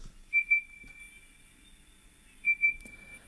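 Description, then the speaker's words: Night parrot calling: two pairs of thin, level, high whistled notes, each pair a quick double whistle, about two seconds apart. Elusive, cryptic species; call from a rare sighting in the remote Western Australian desert, where a young bird was filmed in a spinifex tunnel by a ranger team. "that is the call of the elusive night parrot."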